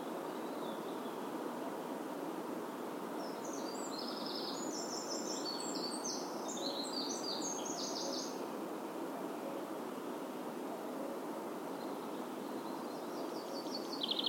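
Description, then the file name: Eurasian wren: a jumble of high, rapid, chattering notes mid-way, with a faint high trill near the end, over persistent loud hiss. "Troglodytes troglodytes"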